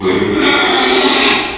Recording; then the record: squeal of a Yucatan mini pig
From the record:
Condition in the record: after surgery on the right vocal fold (resection and tissue-engineered implant); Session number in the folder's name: 2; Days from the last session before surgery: 13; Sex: male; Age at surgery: 12 weeks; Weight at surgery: 13 kg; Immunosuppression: cyclosporine, prednisolone